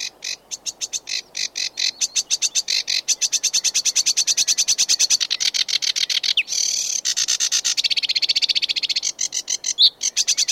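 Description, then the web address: Sedge warbler song, a long run of fast, harsh chattering notes repeated in rapid bursts, shifting in tone near the middle before returning to steady churring. "sedgewarbler singing"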